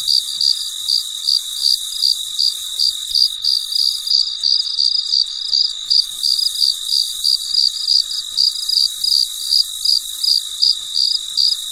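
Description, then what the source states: Shrill cricket chirping, regular short pulses close to three each second, with an unbroken high insect drone behind them. Recorded late at night in very quiet surroundings.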